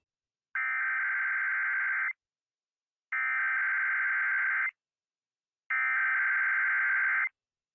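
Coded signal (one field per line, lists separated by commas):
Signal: Emergency Alert System (SAME) tones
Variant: header bursts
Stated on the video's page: Sunday morning weekly tests.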